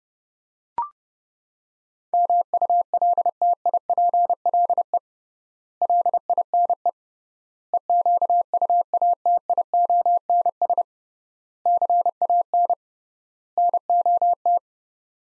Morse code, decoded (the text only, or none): MULTIPLE LINE EQUATIONS CAN NOT